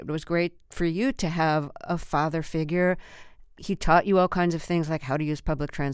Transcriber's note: none